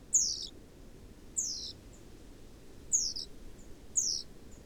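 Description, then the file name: Great tit calling with four high, thin downslurred notes, against a soft low rumble. "Parus major"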